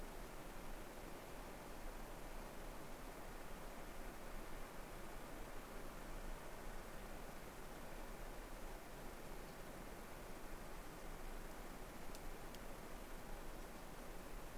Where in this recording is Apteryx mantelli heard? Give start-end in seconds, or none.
none